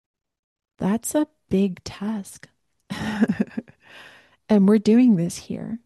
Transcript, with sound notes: That's a big task. (laughs) And we're doing this here,